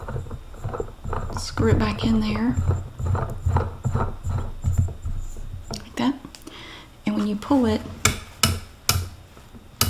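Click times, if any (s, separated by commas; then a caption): 8.1 s, 8.4 s, 8.9 s, 9.8 s. Someone talks while a paper towel roll sits on a countertop paper towel holder with its top screwed back on. The holder's tension arm is then pulled against the roll and steps through a detent with sharp clicks at 8.1, 8.4, 8.9 and 9.8 seconds. It ratchets into place and holds the roll firmly.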